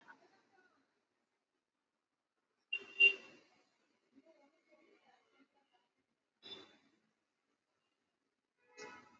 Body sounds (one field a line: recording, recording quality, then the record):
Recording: shallow breathing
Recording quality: moderate, slight background noise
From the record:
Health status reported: exposed to COVID-19, no respiratory illness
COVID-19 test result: not tested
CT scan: not taken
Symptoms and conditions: none ticked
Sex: male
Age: 55 years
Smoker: no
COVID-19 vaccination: both doses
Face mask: worn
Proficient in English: yes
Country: India